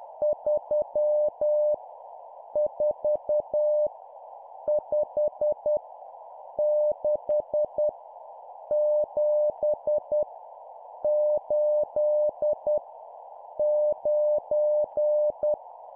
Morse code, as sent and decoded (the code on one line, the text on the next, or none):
...-- / ....- / ..... / -.... / --... / ---.. / ----.
3 4 5 6 7 8 9